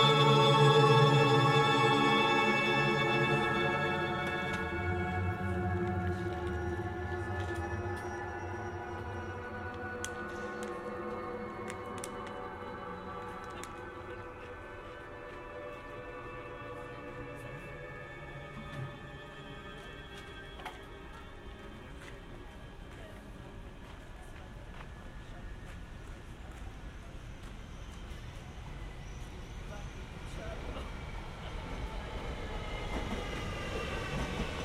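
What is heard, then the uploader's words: Inside a church art and sound installation, layered drawn-out tones slowly fade and glide beneath faint voices, scattered clicks and footsteps. Binaural soundscapes recorded in Feldkirch (Vorarlberg, Austria). A walk through the art/sound installation "Spuren" inside the Johanniterkirche.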